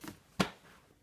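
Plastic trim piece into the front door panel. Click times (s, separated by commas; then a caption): 0.4 s. A plastic trim piece is lined up and snapped into the front door panel of a 1998–2005 Mercedes-Benz W163 ML-Class (ML320, ML350, ML500). A small knock is heard at 0.1 s, then a loud, sharp snap at 0.4 s as the piece seats into place.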